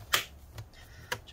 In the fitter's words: get everything clicked back into place just like that